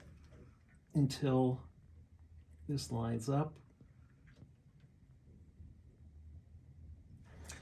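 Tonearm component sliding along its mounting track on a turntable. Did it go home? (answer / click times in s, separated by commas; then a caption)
yes / 7.5 s. A component of an Acoustic Signature TA-1000 NEO tonearm is slid along its mounting track on a turntable until it lines up. Someone talks briefly at the start, followed by quiet, faint handling noise. At 7.5 s a sharp click is heard as the part snaps into place, seated.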